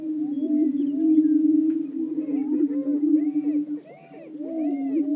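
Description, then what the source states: Greater prairie-chickens booming as a steady low drone, with looping whoops and cackles overlapping throughout; a brief lull near four seconds. Several greater prairie-chickens.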